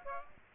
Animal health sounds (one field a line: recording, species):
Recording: mosquito wingbeat signal from an infrared sensor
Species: Aedes aegypti